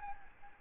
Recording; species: mosquito wingbeat signal from an infrared sensor; Aedes albopictus